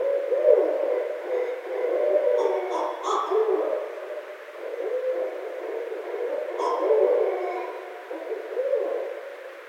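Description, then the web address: Barred owl calls in a continuous jumble of low hooting and wavering notes, with brief higher squeals around two to three seconds and near seven seconds. Recorded 17 February 2012. "Barred Owl 2012 02 17"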